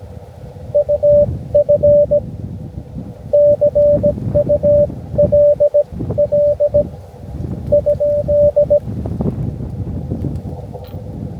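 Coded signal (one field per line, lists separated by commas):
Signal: Morse code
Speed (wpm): 17 wpm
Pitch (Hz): 590 Hz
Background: none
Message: UF CULL ?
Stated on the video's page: Park activation, using a wire sloper antenna.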